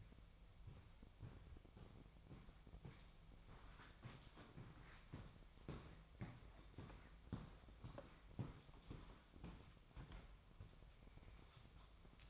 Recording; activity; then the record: daily activity, microphone in the room; walk to room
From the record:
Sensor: 1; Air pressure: 999.4 hPa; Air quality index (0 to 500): 199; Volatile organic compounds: 41 ppm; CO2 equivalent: 3169 ppm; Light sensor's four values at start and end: 10/25/10/10 and 10/25/9/10